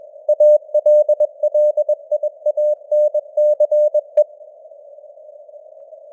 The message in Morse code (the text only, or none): ALLIANCE